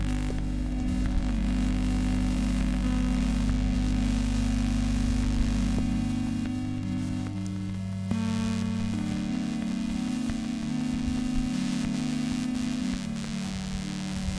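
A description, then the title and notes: Electromagnetic interference fills the recording as a steady, dense electrical drone with strong low hums and a hiss over the top. Around six to eight seconds the tones shift, the low rumble thins, and stuttering buzzy pulses take over while the level stays even. Electromagnetic Interference/signals. Using an EM coil pick-up, (sometimes advertised as a 'phone tap pick-up') the EM signals are captured and sent through a Max patch where by they are processed and transposed.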